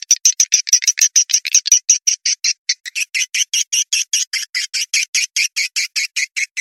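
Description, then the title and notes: Swiftlet calls, a fast even series of short harsh high chirps, steady and rhythmic throughout. Swiftlet sound used in swiftlet farming in Asia. "Swiflet Bird Sound. Farming Swiflet Bird asia sound"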